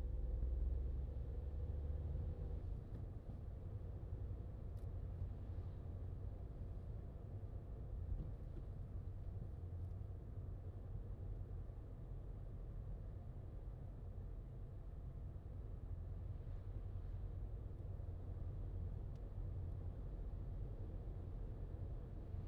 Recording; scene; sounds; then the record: everyday scene through a hearing-aid microphone; in a vehicle; engine, highway driving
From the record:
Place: Skoda Fabia, gasoline engine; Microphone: in the ear canal, left